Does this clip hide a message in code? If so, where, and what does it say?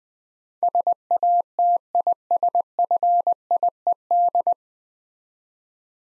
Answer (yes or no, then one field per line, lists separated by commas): yes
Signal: Morse code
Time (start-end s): 0.6-4.5 s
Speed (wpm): 20 wpm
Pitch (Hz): 700 Hz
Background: none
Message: SATISFIED